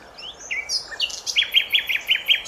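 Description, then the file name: Common nightingale song: a few thin whistles and slurred notes, then a run of six loud, evenly repeated chirping notes. "Luscinia megarhynchos"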